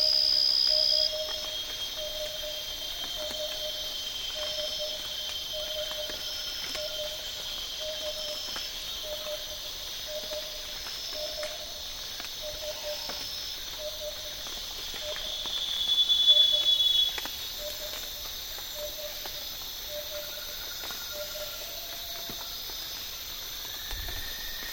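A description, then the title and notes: Borneo rainforest in a humid late afternoon: a continuous, dense insect chorus holds steady high bands throughout. A low repeated call, likely a barbet, pulses at an even pace across the whole clip, and a brief louder swell passes around sixteen seconds. Borneo Rainforest - Humid Afternoon - Hornbill And Barbet. Humid late afternoon at Tawau Hills national park in Borneo. Hornbill and barbet calls punctuate the continuous insect chorus. Recorded with Sony PCM A10 and Lom MikroUsi mics.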